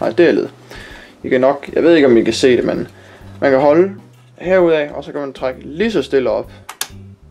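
Two plastic push pins on one side of a stock CPU cooler are held and pulled slowly upward out of the motherboard while someone talks. A short, sharp click at 6.8 s marks a push pin releasing from its motherboard hole, freeing that side of the cooler.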